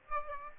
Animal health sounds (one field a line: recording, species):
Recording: mosquito wingbeat signal from an infrared sensor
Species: Aedes aegypti